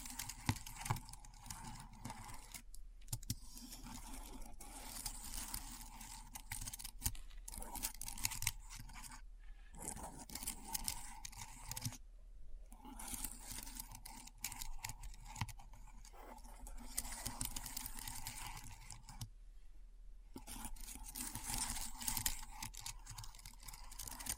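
Keyboard typing in a dense, continuous stream of crisp clicks and clacks, with bright tapping running through most of the 24 seconds. The typing breaks off in short pauses around 3, 9, 12 and 19–20 seconds, and a low steady hum sits underneath.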